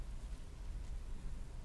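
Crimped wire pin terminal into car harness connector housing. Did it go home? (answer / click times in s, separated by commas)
no / none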